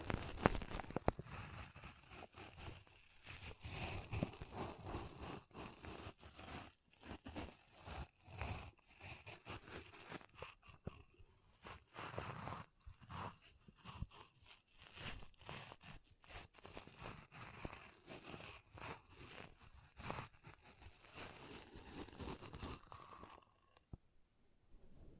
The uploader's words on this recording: ASMR Ultimate Pom Pom Tingles (No Talking).